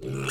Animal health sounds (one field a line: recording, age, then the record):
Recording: pig call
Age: weaner (32 to 43 days)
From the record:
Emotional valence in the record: negative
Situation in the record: novel object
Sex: female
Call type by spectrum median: low-frequency call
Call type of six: high-frequency modulated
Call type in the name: high-frequency modulated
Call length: 0.31 s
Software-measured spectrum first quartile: 240 Hz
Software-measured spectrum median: 1061 Hz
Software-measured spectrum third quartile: 3546 Hz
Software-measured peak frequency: 398 Hz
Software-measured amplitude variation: 79 dB a second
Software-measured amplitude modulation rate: 35.4 a second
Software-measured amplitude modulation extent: 2.2 dB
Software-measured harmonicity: 1.6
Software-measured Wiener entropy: -3.26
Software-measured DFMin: 995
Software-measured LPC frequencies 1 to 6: 348, 1405, 2674, 3446, 4015, 5781 Hz